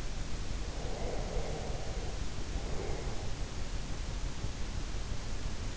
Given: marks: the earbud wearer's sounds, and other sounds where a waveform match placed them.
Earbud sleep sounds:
sounds in sleep by an in-ear microphone; breath
0.56-3.40 s: breath

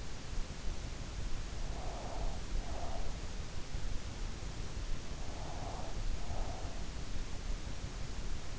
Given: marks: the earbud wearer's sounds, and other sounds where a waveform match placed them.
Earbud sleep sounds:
sounds in sleep by an in-ear microphone; breath
1.42-3.48 s: breath
4.99-7.33 s: breath

